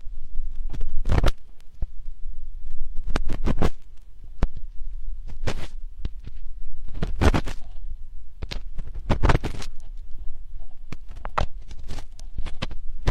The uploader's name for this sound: Slowly dig your ears